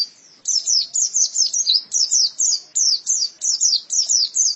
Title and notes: Kicauan Burung Pleci Durasi Panjang. Suara kicauan burung pleci